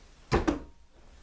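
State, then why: Seated. The metal reclining mechanism of a La-Z-Boy Genesis System recliner, just repaired with a new wheel, retracts back to its upright position; a broad rattling clunk starts at about 0.3 s. It latches with a sharp click at 0.5 s, then fades out by about 0.7 s. The mechanism locks in place, and the repaired side is noisier because it is metal on metal.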